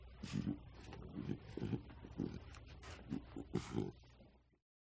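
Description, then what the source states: Lions giving quiet growls: a run of low, short grunting bursts, fading away at the end. Two lions giving quiet growls.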